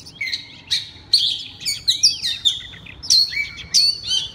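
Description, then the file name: Oriental magpie-robin pouring out rapid whistled notes, rising and falling slurs and sharp accents, several phrases in quick succession. Loud song in the style called 'ngeplong' in Indonesian. "suara kacer ngeplong keras"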